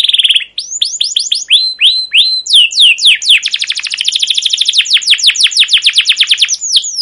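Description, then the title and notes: Canary song with rapid repeated downward-sweeping chirps running into long, fast trills of high whistled notes. Captive canary singing a long 'cuit cuit ngerol' chirping song, used as a lure and master song for young canaries learning to sing. "CUIT CUIT NGEROL GACOR PANJANG Kenari Pancingan KENAR. PANCINGAN Kenari GACOR PANJANG Cuit CUIT EMOSI MASTERAN Kenari PAUD belajar BUNYI. burung kenari"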